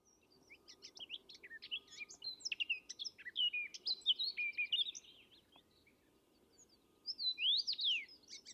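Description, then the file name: Eurasian blackcap song starting quietly and building into a louder chattering, whistled phrase, pausing, then resuming with clear rising and falling notes; a faint hum behind. "Sylvia atricapilla"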